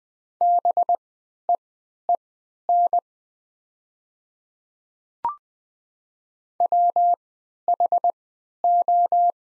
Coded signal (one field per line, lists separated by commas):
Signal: Morse code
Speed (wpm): 20 wpm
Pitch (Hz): 700 Hz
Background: none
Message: BEEN WHO